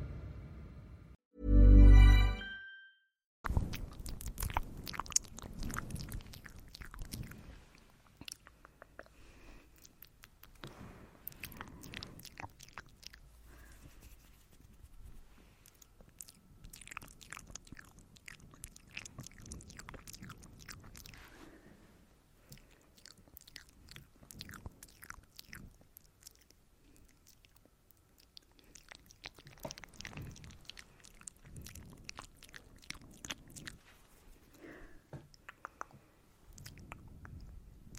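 ASMR mouth sounds: wet clicks, smacks and crackles come in dense, irregular bursts with soft rustling from hand movements. A brief loud tone-like burst occurs near the two-second mark. The sounds quieten for a stretch past twenty seconds, then pick up again.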